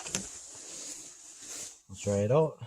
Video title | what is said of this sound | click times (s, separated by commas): How to replace a headlight switch on a 1992 Mercury Topaz/Ford Tempo | And put our knob in until it clicks in place like that. | 0.2 s